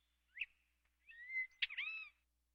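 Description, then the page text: Hooded oriole call: a sharp note, then a drawn-out level whistle and a burst of bending whistled tones, all quiet over a faint low hum. "Hooded Oriole. Quick Sounds"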